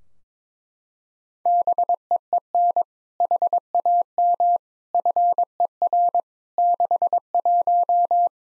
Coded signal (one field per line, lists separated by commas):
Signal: Morse code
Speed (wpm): 22 wpm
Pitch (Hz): 700 Hz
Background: none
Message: BEEN HAM FER 61